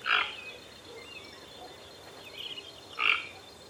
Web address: sound Ramphastos-toco. صدای-پرنده-توکان-منقاردار